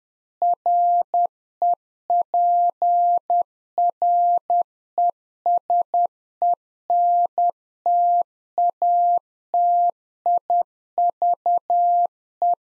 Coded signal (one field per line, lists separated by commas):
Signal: Morse code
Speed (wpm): 10 wpm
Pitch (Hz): 700 Hz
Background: none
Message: REPRESENTATIVE